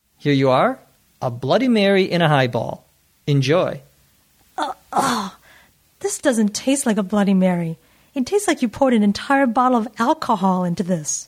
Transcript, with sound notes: Here you are – a Bloody Mary in a highball. Enjoy!
[Makes a gagging sound] This doesn’t taste like a Bloody Mary. It tastes like you poured an entire bottle of alcohol into this.